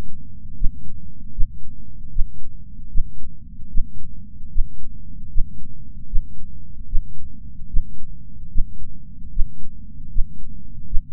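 Regular low thumps repeat at about 76 beats a minute, with each beat heard as a soft paired lub-dub over a steady low hum. The rate and rhythm are consistent with an ordinary resting heartbeat.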